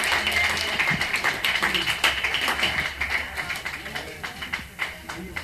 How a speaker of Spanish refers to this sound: Vamos a darles el aplauso, aunque no estén ya.